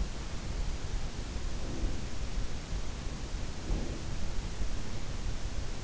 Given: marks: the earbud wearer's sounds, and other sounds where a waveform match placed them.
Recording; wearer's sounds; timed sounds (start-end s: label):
sounds in sleep by an in-ear microphone; breath
1.21-2.44 s: breath
3.15-4.57 s: breath